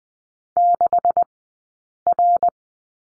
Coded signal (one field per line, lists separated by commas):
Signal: Morse code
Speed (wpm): 20 wpm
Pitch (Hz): 700 Hz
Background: none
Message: 6 R